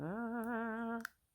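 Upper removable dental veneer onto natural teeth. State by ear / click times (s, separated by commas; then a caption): seated / 1.1 s. An upper removable snap-on veneer is pressed onto the natural top teeth while someone hums a steady, slightly wavering tone for about a second. A sharp, brief snap is heard at 1.1 s as the veneer seats onto the teeth, and the sound then fades to quiet.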